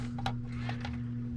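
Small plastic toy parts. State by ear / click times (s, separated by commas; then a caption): not seated / none. A plastic missile is handled against the launcher of a vintage action-figure toy after earlier failed tries to make it latch, giving a few short, light plastic ticks near 0.2, 0.3 and 0.9 seconds over a steady low hum. Nothing has seated or clicked into place yet.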